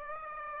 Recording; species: mosquito wingbeat signal from an infrared sensor; Aedes aegypti